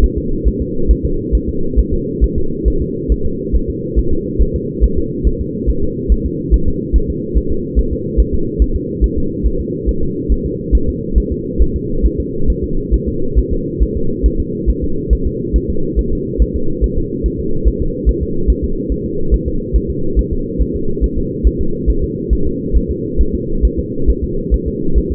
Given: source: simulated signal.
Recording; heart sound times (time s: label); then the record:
fetal heart sounds
0.04 s: S1
0.18 s: S2
0.48 s: S1
0.62 s: S2
0.91 s: S1
1.05 s: S2
1.35 s: S1
1.49 s: S2
1.79 s: S1
1.94 s: S2
2.24 s: S1
2.38 s: S2
2.68 s: S1
2.82 s: S2
3.12 s: S1
3.26 s: S2
3.56 s: S1
3.70 s: S2
3.99 s: S1
4.13 s: S2
4.42 s: S1
4.56 s: S2
4.84 s: S1
4.98 s: S2
5.27 s: S1
5.41 s: S2
5.70 s: S1
5.84 s: S2
6.12 s: S1
6.26 s: S2
6.54 s: S1
6.68 s: S2
6.96 s: S1
7.10 s: S2
7.37 s: S1
7.51 s: S2
7.79 s: S1
7.93 s: S2
8.20 s: S1
8.34 s: S2
8.62 s: S1
8.76 s: S2
9.04 s: S1
9.18 s: S2
9.46 s: S1
9.61 s: S2
9.89 s: S1
10.03 s: S2
10.32 s: S1
10.46 s: S2
10.75 s: S1
10.89 s: S2
11.18 s: S1
11.32 s: S2
11.62 s: S1
11.76 s: S2
12.06 s: S1
12.20 s: S2
12.50 s: S1
12.64 s: S2
12.94 s: S1
13.08 s: S2
13.38 s: S1
13.53 s: S2
13.82 s: S1
13.97 s: S2
14.26 s: S1
14.40 s: S2
14.70 s: S1
14.84 s: S2
15.13 s: S1
15.27 s: S2
15.56 s: S1
15.70 s: S2
15.99 s: S1
16.13 s: S2
16.42 s: S1
16.56 s: S2
16.84 s: S1
16.98 s: S2
17.26 s: S1
17.40 s: S2
17.68 s: S1
17.82 s: S2
18.09 s: S1
18.23 s: S2
18.50 s: S1
18.64 s: S2
18.92 s: S1
19.06 s: S2
19.34 s: S1
19.48 s: S2
19.76 s: S1
19.90 s: S2
20.19 s: S1
20.33 s: S2
20.61 s: S1
20.76 s: S2
21.04 s: S1
21.18 s: S2
21.47 s: S1
21.61 s: S2
21.90 s: S1
22.04 s: S2
22.33 s: S1
22.47 s: S2
22.77 s: S1
22.91 s: S2
23.21 s: S1
23.35 s: S2
23.65 s: S1
23.79 s: S2
24.10 s: S1
24.24 s: S2
24.54 s: S1
24.68 s: S2
24.98 s: S1
25.12 s: S2
From the record:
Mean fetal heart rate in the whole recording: 140 bpm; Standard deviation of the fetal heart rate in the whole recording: 2 bpm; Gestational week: 34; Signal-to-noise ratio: -8.1 dB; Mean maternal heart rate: 72 bpm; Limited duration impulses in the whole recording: absent